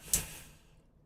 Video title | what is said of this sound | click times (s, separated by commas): The Road to Victory (Core fighter progress) [LIVESTREAM] | see like three times actually like three clicks then | 0.1 s